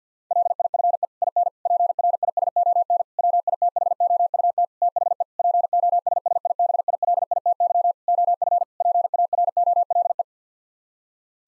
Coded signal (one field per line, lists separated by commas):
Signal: Morse code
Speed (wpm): 50 wpm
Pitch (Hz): 700 Hz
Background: none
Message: LIFE IN PRISON WITHOUT THE POSSIBILITY OF PAROLE